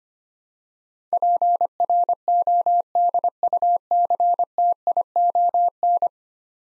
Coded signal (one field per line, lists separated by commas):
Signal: Morse code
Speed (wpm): 25 wpm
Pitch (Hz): 700 Hz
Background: none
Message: PRODUCTION